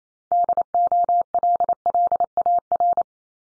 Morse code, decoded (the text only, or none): DOLLAR